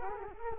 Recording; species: mosquito wingbeat signal from an infrared sensor; Culex quinquefasciatus